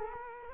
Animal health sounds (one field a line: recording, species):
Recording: mosquito wingbeat signal from an infrared sensor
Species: Culex quinquefasciatus